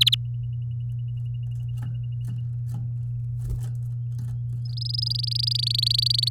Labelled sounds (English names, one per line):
Domestic Canary song